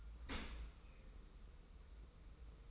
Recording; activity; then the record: daily activity, microphone in the room; open dishwasher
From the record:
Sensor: 1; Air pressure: 990.5 hPa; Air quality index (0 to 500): 178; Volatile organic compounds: 1000 ppm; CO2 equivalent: 6550 ppm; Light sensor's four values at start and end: 26/61/26/28 and 26/61/26/28